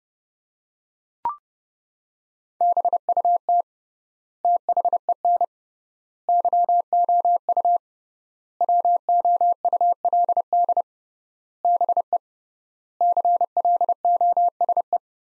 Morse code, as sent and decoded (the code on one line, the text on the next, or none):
-... ..- - / - .... . -. / -.-- --- ..- / .-- --- ..- .-.. -.. / -... . / -.-. .-.. --- ... .
BUT THEN YOU WOULD BE CLOSE